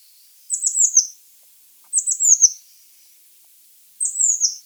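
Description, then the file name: Eurasian blue tit calls, very high thin notes sliding downward in short bursts of three or four, repeated about every one and a half to two seconds. "Cyanistes caeruleus"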